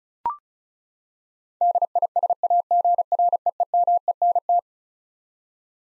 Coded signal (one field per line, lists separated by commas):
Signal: Morse code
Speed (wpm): 36 wpm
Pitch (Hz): 700 Hz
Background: none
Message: DISAGREEMENT